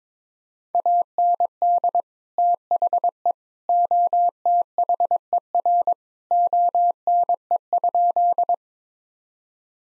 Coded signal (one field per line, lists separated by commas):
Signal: Morse code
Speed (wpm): 22 wpm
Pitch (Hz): 700 Hz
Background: none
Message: AND THE OTHER ONE?